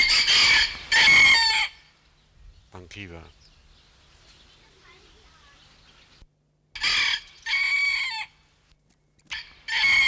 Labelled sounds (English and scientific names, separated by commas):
Red Junglefowl (Gallus gallus) call